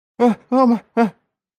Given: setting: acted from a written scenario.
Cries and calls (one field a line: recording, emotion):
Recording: vocal sound without words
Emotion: fear